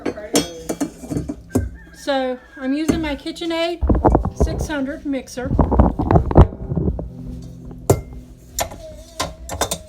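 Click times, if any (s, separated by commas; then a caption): none. Someone talks while handling a metal mixing bowl at a KitchenAid 600 stand mixer, with several sharp metallic clinks and knocks along the way. The bowl is meant to be pushed gently down until it snaps into the mixer's bowl mount, so it sits secure and won't wobble. Nothing has seated or clicked yet by the end of the clip.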